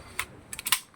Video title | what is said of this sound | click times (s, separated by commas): รวมปืนหนังสติ๊กสวยๆ ลดราคาแถมฟรีเลเซอร์เขียว 0650979599 | ล็อคละล็อคเรียบร้อยนะครับเสร็จแล้วก็ | 0.5 s, 0.7 s